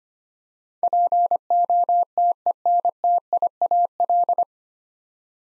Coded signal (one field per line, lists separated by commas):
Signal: Morse code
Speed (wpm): 25 wpm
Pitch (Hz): 700 Hz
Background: none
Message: POTENTIAL